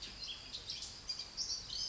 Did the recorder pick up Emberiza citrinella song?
no